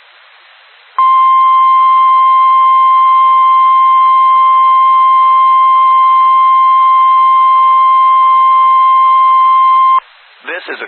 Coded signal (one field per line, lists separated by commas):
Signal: Emergency Alert System (SAME) tones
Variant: 1050 Hz attention tone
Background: speech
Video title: REQUIRED WEEKLY TEST (EAS ALERT 175)